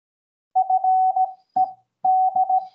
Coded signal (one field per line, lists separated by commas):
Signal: Morse code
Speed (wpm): 16 wpm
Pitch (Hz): 750 Hz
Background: none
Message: FED